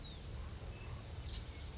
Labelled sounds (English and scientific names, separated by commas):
California Towhee (Melozone crissalis)